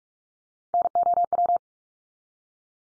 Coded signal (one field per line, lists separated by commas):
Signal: Morse code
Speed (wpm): 44 wpm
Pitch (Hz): 700 Hz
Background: none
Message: NOW